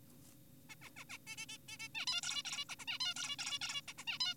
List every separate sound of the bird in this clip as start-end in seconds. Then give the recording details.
0.70-0.75, 0.82-0.90, 0.97-1.04, 1.10-1.18, 1.27-1.36, 1.38-1.46, 1.49-1.58, 1.68-1.78, 1.80-1.88, 1.95-2.06, 2.07-2.21, 2.23-2.43, 2.45-2.65, 2.69-2.76, 2.79-2.85, 2.88-2.98, 3.00-3.14, 3.16-3.36, 3.39-3.59, 3.62-3.82, 3.88-3.94, 3.98-4.04, 4.08-4.18, 4.20-4.34. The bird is an adult. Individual g4p5U